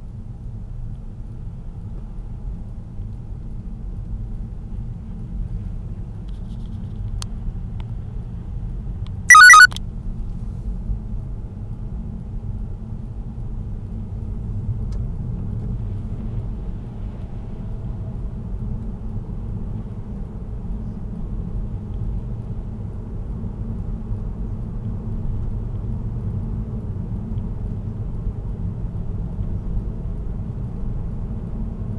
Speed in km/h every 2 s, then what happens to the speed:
11, 14, 14, 14, 15, 16, 20, 25, 30, 32, 36, 37, 38, 38, 41, 44.
0-11 steady at about 14. 11-32 speeds up to 44.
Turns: none.